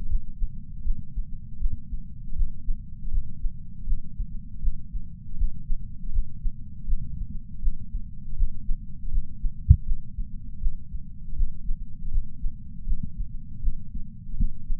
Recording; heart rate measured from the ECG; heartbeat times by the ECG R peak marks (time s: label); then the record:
heart sounds by patch sensor on the chest; 80 bpm
0.08 s: heartbeat
0.83 s: heartbeat
1.59 s: heartbeat
2.35 s: heartbeat
3.10 s: heartbeat
3.86 s: heartbeat
4.61 s: heartbeat
5.36 s: heartbeat
6.11 s: heartbeat
6.86 s: heartbeat
7.61 s: heartbeat
8.35 s: heartbeat
9.10 s: heartbeat
9.85 s: heartbeat
10.60 s: heartbeat
11.35 s: heartbeat
12.10 s: heartbeat
12.86 s: heartbeat
13.61 s: heartbeat
14.36 s: heartbeat
From the record:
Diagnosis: coronary artery disease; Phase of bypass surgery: postoperative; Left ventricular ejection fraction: 62.4%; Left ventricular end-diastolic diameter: 42 mm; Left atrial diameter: 36 mm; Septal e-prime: 5.8 cm/s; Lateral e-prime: 9.2 cm/s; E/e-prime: 7.3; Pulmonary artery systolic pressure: 36 mmHg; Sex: male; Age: 59 years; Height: 162 cm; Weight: 60 kg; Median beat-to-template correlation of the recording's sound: 0.83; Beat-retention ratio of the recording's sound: 0.99